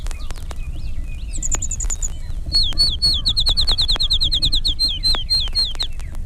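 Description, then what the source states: Field sparrow song: clear down-slurred whistled notes in a rapid series, with a brief high thin series before and faint clicks around. One of five field sparrows heard in turn, each with its own variation of the family song: two or three long notes followed by a trill.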